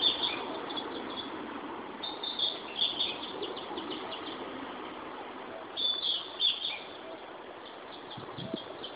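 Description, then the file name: Narcissus flycatcher giving short, high, whistled phrases about every three seconds, three bursts in all, over a steady broad background hiss. "Ficedula narcissina"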